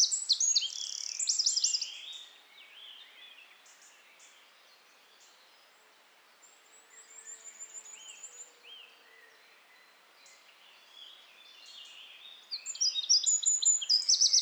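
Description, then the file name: Eurasian wren song: loud, high, rapid trilled phrases at the beginning and end, with softer varied bird notes filling the middle. "Troglodytes troglodytes"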